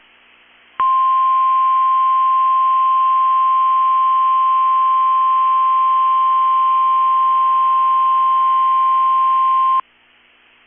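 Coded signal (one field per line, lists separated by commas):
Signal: Emergency Alert System (SAME) tones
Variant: 1050 Hz attention tone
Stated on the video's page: NOAA Weather Radio Required Weekly Test.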